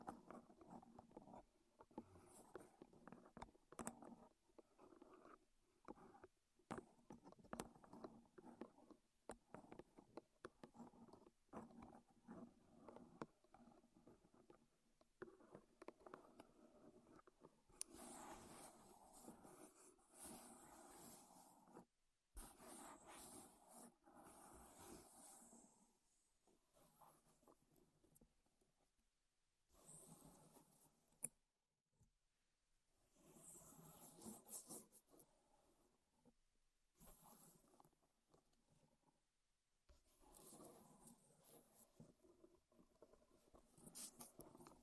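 Wood triggers: tapping, rubbing and scratching on wooden surfaces, in dense bursts of small knocks and scrapes with brief pauses. The first fifteen seconds are softer and patchier; after about eighteen seconds the sounds turn brighter and fuller, broken by a few sharp silences.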